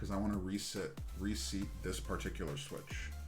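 Someone talks while handling a Snake 60 Fossil keyboard assembly, pulled out slightly so one mechanical key switch that wasn't seated properly can be pressed back into its hotswap socket and plate. No clear hit sounds, and nothing has seated or clicked yet by the end of the clip.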